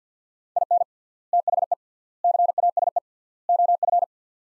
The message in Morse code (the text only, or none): IN THE CASE OF